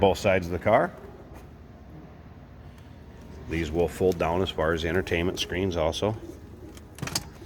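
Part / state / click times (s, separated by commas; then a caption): rear-seat entertainment screen into its seatback housing / seated / 7.2 s. Someone talks as the fold-down rear-seat entertainment screen in the seatback of a 2015 Cadillac XTS Platinum is folded up into its housing. A quick cluster of sharp clicks follows near the end, with the loudest at 7.2 s as the screen locks into place.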